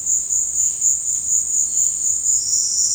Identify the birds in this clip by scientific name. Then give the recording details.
none. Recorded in dense forest near Puerto Asís, Putumayo, Colombia, on 18 February 2024 at 15:00. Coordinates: 0.472, -76.329. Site G6394